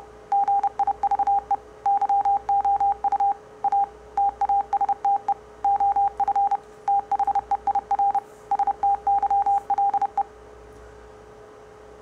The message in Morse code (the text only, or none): GIVE YOU A TASTE OF THEIR STYLE